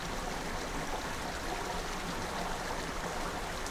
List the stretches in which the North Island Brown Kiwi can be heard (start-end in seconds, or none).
none